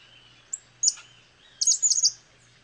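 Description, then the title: Cattle tyrant calling: two high notes, then a rapid burst of squeaky, scratchy chirps running together. Nominate subspecies Machetornis rixosa rixosa. "LuckyPassaro Completos2Sama. Cattle Tyrant (Machetornis rixosa rixosa)"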